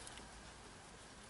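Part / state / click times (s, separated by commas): O-ring sealed engine component into its bore on the engine / not seated / none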